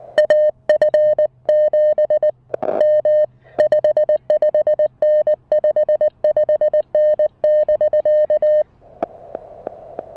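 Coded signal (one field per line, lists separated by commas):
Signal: Morse code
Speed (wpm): 19 wpm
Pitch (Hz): 610 Hz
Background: none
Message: AF7M 55N 55N <BK>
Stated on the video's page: Morse sent in straight key mode on a Mountain Topper MTR-4B with an Emtech ZM-2 manual tuner and 9:1 random wire, during a park activation on 20, 30 and 40 meters.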